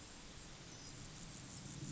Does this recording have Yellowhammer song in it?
no